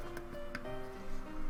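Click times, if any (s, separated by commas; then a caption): none. A flat cable connector is being fitted onto the board of an opened Nintendo DS during a capture card installation. Two brief handling ticks, at about 0.2 s and 0.6 s, sit over steady tonal background music. The part is only being handled, and nothing has seated or clicked yet.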